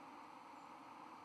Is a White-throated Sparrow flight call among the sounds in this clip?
no